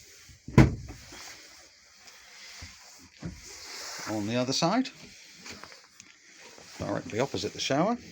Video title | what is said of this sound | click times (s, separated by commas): Elddis Affinity 574 Handover | but when traveling this needs to be clipped in | 0.6 s